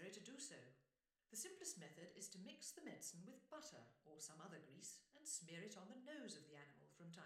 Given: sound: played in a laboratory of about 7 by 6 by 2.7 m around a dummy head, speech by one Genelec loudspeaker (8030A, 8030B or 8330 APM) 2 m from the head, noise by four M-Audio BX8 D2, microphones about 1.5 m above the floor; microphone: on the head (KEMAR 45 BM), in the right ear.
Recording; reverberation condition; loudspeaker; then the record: female speech in English; medium; 90 degrees to the right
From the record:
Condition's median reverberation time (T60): about 510 ms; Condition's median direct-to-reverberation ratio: about -0.5 dB